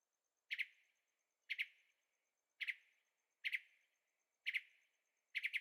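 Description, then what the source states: Bird calls: short, sharp doubled chirps repeated about once a second, each with a brief fading tail. Recorded at night in Carefree, Arizona, with a Zoom H6 and stereo microphones.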